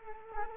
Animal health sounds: mosquito wingbeat signal from an infrared sensor; Culex quinquefasciatus

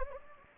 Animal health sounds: mosquito wingbeat signal from an infrared sensor; Anopheles gambiae

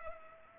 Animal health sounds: mosquito wingbeat signal from an infrared sensor; Culex pipiens

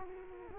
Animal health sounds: mosquito wingbeat signal from an infrared sensor; Culex quinquefasciatus

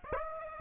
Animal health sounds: mosquito wingbeat signal from an infrared sensor; Aedes aegypti

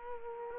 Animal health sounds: mosquito wingbeat signal from an infrared sensor; Culex quinquefasciatus

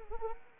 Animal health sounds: mosquito wingbeat signal from an infrared sensor; Anopheles arabiensis

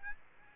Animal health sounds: mosquito wingbeat signal from an infrared sensor; Aedes albopictus

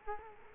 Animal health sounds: mosquito wingbeat signal from an infrared sensor; Culex quinquefasciatus

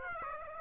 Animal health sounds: mosquito wingbeat signal from an infrared sensor; Aedes aegypti

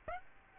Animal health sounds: mosquito wingbeat signal from an infrared sensor; Aedes aegypti

